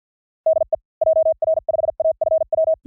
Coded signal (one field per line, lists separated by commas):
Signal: Morse code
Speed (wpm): 50 wpm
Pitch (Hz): 640 Hz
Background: none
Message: DE JR5AFW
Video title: Morse CW Training JP Random Callsign Speed from 45 to 55 WPM 400 Calls